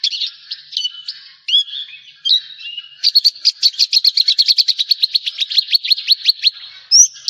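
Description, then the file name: Javan bush lark song: a few thin whistled slurs, then from three seconds a fast run of sharp repeated chips, ending in a high note. "suara burung branjangan jawa"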